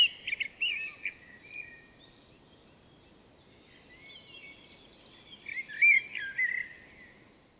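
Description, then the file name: Common blackbird with scattered fluty notes and high twitters at the start and end, a quiet gap between them, over faint hiss. "Turdus merula"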